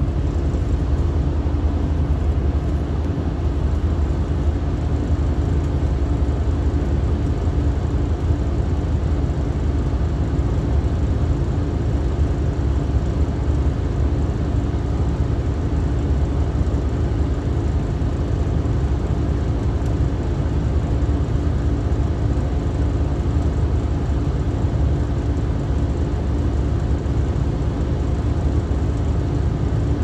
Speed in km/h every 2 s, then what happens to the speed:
3, 3, 2, 0, 0, 0, 0, 0, 0, 0, 0, 0, 0, 0, 0.
3-30 standing.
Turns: none.